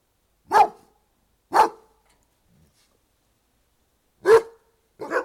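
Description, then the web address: Doberman giving four loud single barks spaced unevenly, about a second apart at first, then after a long pause, with silence between. Doberman barking outdoors. "Sound Effects-BBC. Doberman, exterior, barking then joined by border collies"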